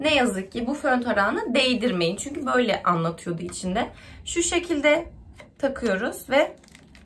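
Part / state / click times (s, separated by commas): brush attachment onto hot-air hair styler body / not seated / none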